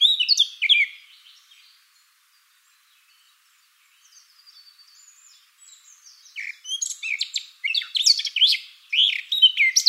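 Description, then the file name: Eurasian blackcap song: a short loud scratchy warble, a long quiet stretch with soft notes, then a rapid varied warble of bright twittering and sliding notes. "Sylvia atricapilla"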